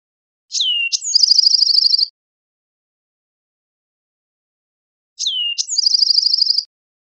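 Bewick's wren song: a sharp down-slurred note and a short burst, then a rapid buzzy trill, sung twice.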